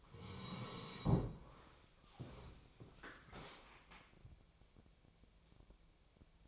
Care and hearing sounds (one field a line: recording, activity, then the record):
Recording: daily activity, microphone in the room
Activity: sit down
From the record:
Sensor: 1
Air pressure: 1000.5 hPa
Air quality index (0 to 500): 175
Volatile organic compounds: 4 ppm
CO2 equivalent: 1622 ppm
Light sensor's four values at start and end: 11/27/11/13 and 11/27/11/13